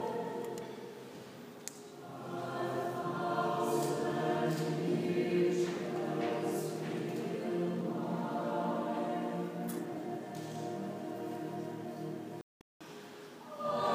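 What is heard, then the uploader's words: A choir sings sustained, overlapping notes that swell after the first two seconds and hold at a full, steady level. Brief soft breaths or consonants flicker through the blend, and the sound cuts out abruptly near twelve seconds before resuming. Choir singing at #founders at Christ Church Cathedral.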